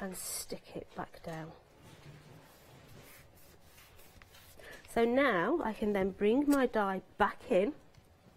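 A metal cutting die is handled as it is brought back toward its die holder for a die-cutting machine, while someone talks and quieter handling noises fill a pause in the middle. Nothing has seated or clicked into place yet.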